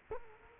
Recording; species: mosquito wingbeat signal from an infrared sensor; Culex quinquefasciatus